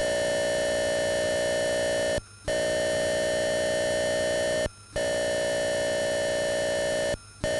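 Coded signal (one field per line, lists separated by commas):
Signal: computer data on cassette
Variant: Atari 8-bit cassette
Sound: continuous harsh buzzing data tone with harmonics, broken by three short silent gaps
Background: tape hiss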